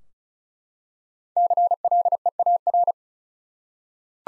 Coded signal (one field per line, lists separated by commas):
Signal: Morse code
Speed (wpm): 36 wpm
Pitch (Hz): 700 Hz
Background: none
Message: CLEAR